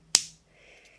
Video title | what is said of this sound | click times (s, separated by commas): Вылетает Угол у GAN 356 R - РЕШАЕМ ПРОБЛЕМУ | берем вот эту белую часть продеваем чуть-чуть в черную часть и смотрим внимательно у нас должен быть характерный щелчок | 0.1 s